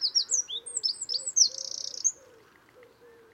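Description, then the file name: Eurasian wren song, a fast high outpouring of sweeping notes ending in a dense trill, while a lower mellow note from another bird repeats steadily underneath. "Troglodytes troglodytes"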